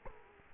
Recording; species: mosquito wingbeat signal from an infrared sensor; Culex quinquefasciatus